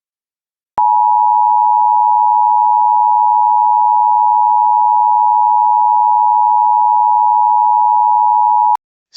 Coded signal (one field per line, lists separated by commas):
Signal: Emergency Alert System (SAME) tones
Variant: 853 and 960 Hz attention tone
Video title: EAS Hazardous Materials Warning City of Ithaca, Michigan (Gratiot County)